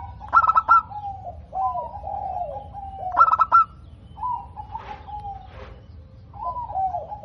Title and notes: PERKUTUT LOKAL GACOR Suara KRISTAL LANTANG. Kicau Burung Perkutut